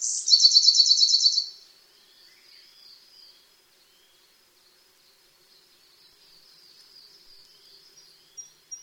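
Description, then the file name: Siberian blue robin song: a loud, rapid rattling trill of high repeated notes lasting about a second and a half, followed by faint, thin high notes and near silence. "koruri"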